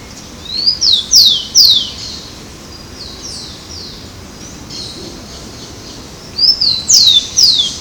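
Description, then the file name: Rufous-collared sparrow delivering bright downslurred whistles in two phrases of three or four notes, about five seconds apart, a fainter series between, over continuous high hiss. Recorded in São Paulo, Brazil. "Zonotrichia-capensis-Ibirapuera-SP-BR-6-12-12-ASilveira"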